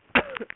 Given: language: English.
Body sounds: throat vibration sensor signal played as sound; cough

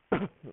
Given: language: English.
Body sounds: throat vibration sensor signal played as sound; cough

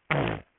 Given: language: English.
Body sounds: throat vibration sensor signal played as sound; throat clearing

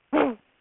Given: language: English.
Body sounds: throat vibration sensor signal played as sound; throat clearing

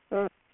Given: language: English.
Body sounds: throat vibration sensor signal played as sound; speech

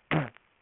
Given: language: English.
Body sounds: throat vibration sensor signal played as sound; throat clearing

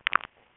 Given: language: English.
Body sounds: throat vibration sensor signal played as sound; swallow

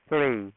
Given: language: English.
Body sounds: throat vibration sensor signal played as sound; speech

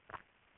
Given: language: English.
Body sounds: throat vibration sensor signal played as sound; swallow

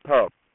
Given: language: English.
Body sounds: throat vibration sensor signal played as sound; speech

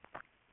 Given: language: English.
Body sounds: throat vibration sensor signal played as sound; swallow

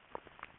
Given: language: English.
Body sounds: throat vibration sensor signal played as sound; swallow

